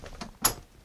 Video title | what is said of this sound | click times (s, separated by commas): Wildwood Xlite 171RBXL Walkthrough at RV Wholesalers | That way, when you're traveling down the road, you hear that latch. | 0.5 s